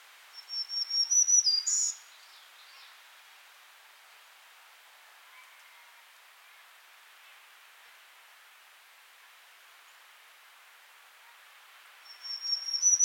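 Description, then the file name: Black-throated green warbler song phrase of high, buzzy notes ending in a sharp higher buzz, then about ten seconds of quiet hiss before the next phrase begins. "Setophaga virens - Black-throated Green Warbler"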